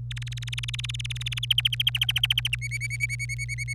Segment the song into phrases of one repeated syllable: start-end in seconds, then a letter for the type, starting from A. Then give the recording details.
0.11-1.45 A, 1.50-2.55 B, 2.61-3.73 C. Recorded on 26 April 2018 at 05:59. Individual llb3